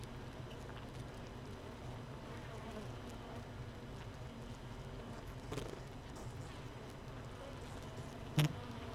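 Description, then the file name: Honey bee colony buzzing, a soft continuous low drone with little change, broken by a couple of sharp knocks in the second half. Hive 1, colony without a queen, recorded 31 May 2018 at 15:30. "Hive 1 31 05 2018 NO Queen Bee H 1 audio 15 30 00"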